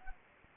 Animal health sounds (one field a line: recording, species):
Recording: mosquito wingbeat signal from an infrared sensor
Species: Anopheles gambiae